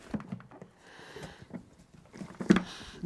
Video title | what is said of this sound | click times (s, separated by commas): Worth the wait? The MicroClimate Air3 powered respirator is now shipping and NIOSH approved. | and you can see I'm already messing up here this is not seated correctly | none